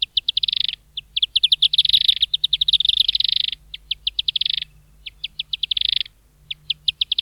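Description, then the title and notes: Firewood-gatherer calling: rapid series of high, clipped notes speeding into fast trills, in several phrases separated by short pauses. "Museo de Ciencias de Bahía Blanca. Leñatero ( A numbius annumbi)"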